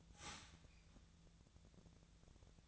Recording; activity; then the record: daily activity, microphone in the room; start toaster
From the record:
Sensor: 3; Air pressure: 1009.4 hPa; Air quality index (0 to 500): 197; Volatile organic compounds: 16 ppm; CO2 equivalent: 2554 ppm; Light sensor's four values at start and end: 33/82/34/37 and 33/82/34/37